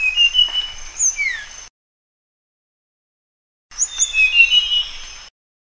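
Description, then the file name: Sunda blue flycatcher singing two bright phrases of high, slurred whistles with falling glides, separated by about two seconds of silence. "suara burung sikatan sunda. omkicau"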